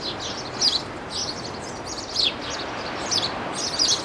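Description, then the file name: Birds chirp in bright, quick high phrases at irregular intervals, with a soft steady hiss behind. Birds in a seaside garden; looped sound effect. "Birds in the Seaside Garden"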